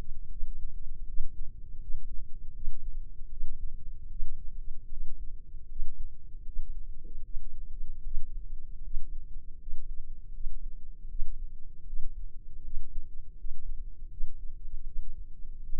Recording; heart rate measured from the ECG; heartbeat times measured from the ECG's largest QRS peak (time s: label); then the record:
heart sounds by microphone in the left ear; 78 bpm
0.28 s: heartbeat
1.05 s: heartbeat
1.79 s: heartbeat
2.52 s: heartbeat
3.28 s: heartbeat
4.08 s: heartbeat
4.88 s: heartbeat
5.66 s: heartbeat
6.44 s: heartbeat
7.22 s: heartbeat
8.02 s: heartbeat
8.81 s: heartbeat
9.57 s: heartbeat
10.31 s: heartbeat
11.07 s: heartbeat
11.84 s: heartbeat
12.62 s: heartbeat
13.35 s: heartbeat
14.08 s: heartbeat
14.84 s: heartbeat
15.60 s: heartbeat
From the record:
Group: healthy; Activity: rest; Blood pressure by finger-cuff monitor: 123/72 mmHg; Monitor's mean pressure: 90 mmHg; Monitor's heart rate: 78 bpm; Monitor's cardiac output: 6.7 L/min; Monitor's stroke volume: 86 mL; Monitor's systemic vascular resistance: 990 dyn s/cm5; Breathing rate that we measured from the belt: 16 breaths a minute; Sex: female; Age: 24 years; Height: 163 cm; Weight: 55.7 kg